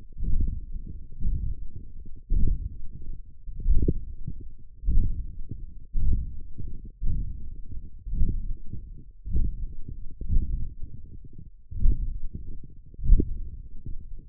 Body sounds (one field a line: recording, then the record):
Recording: forearm muscle sounds (acoustic myography)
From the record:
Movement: hand closing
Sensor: system 1, eight BSWA MPA416 microphones around the upper forearm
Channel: 3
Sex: male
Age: 21 years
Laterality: right